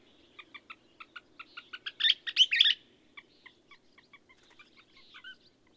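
A bird sings a run of quickening ticks that builds into a brief, loud flurry of warbled chirps, then trails off into softer, scattered notes.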